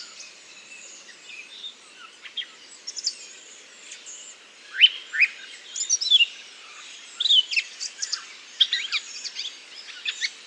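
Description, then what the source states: Redwing subsong of scratchy chirps and short whistled notes, sparse at first then denser, irregular twittering in the second half. Solitary bird giving subsong (babil) in Bois du Puech, recorded with Telinga.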